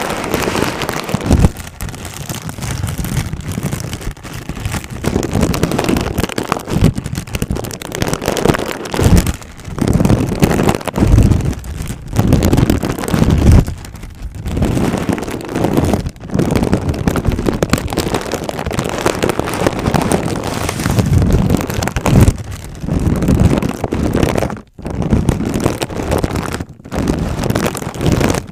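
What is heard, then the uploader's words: Plastic and bubble wrap are crinkled and handled almost without pause, a dense rustling crackle with a heavy low rumble underneath. Brief pauses break it up now and then, notably near 10, 12 and 25 seconds, before the crumpling resumes. No voices are heard. Crinkle sounds (plastic, bubble wrap, no talking).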